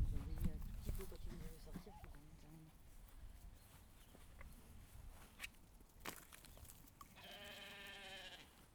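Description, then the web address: Sheep bleat, faint and quavering, near the end after several seconds of low noise and occasional clicks, with a brief soft call at the start. Recorded outdoors. "Animal Moutons - Plein Air"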